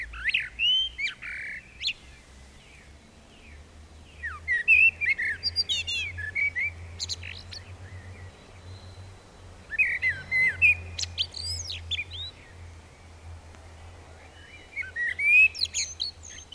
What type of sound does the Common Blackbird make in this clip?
song